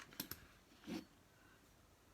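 A cover piece is pressed onto a lightsaber prop hilt after a screw has been tightened. Two sharp, short clicks sound at 0.2 s and 0.3 s as it locks into place. A softer, broader rustle follows around 0.9 s before the sound settles into quiet background.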